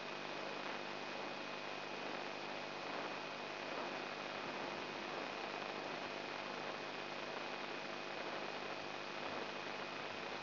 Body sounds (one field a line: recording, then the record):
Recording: brain microelectrode recording played as sound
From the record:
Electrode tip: inside the subthalamic nucleus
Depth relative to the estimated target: -2 mm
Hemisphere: right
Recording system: AlphaMap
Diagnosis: Parkinson's disease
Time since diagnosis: 9 years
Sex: male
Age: 58 years